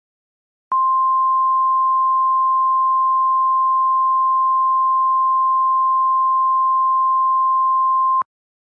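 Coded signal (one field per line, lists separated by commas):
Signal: Emergency Alert System (SAME) tones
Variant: 1050 Hz attention tone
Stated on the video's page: Fictional EAS scenario, a remake of an earlier simulated alert.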